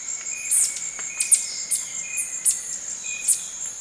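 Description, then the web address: Emerald tanager calls, thin, very high sharp chips repeated irregularly, over a steady insect drone and a faint long whistled tone. Recorded in Ecuador. "Birds of Ecuador. Emerald Tanager"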